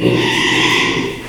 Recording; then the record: squeal of a Yucatan mini pig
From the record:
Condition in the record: after surgery on the right vocal fold (resection and tissue-engineered implant); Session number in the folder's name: 1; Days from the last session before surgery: 6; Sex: male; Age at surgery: 12 weeks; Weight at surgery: 13 kg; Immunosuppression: cyclosporine, prednisolone